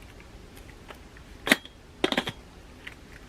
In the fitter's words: yeah that's how it locks in sorry the other one i have is different than this one i have a kitchenaid